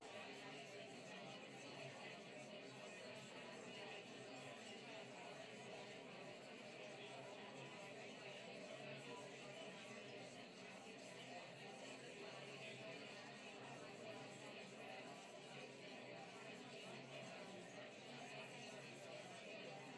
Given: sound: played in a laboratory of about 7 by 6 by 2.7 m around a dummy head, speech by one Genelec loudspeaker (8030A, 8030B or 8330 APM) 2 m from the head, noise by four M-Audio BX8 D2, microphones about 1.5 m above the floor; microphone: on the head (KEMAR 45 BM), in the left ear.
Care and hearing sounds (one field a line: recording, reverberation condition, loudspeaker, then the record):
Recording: babble noise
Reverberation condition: low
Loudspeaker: four, about 170 cm from the corners of the room and facing them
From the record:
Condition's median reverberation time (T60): about 310 ms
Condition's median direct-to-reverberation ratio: about 3.5 dB